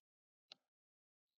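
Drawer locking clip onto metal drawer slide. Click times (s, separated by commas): 0.5 s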